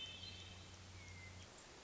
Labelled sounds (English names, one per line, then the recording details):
Hermit Thrush
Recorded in Sonoma County, California